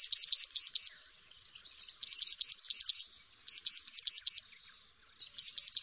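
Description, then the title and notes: Plain Prinia uttering short bursts of rapid, thin buzzy notes, each burst around a second long and repeated after brief pauses. "Prenjak Sawah. Suara Burung Prenjak"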